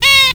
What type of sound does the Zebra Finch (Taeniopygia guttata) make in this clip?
distance call